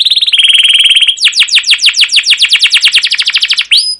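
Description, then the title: Canary song: a rapid rolling trill of high notes that switches into a long run of quick descending whistled sweeps. Long rolling, trilling song of a highly vocal canary, used as a lure and training recording for other canaries. "Suara Burung Kenari Gacor Panjang cuit cuit Ngerol untuk Pancingan Kenari"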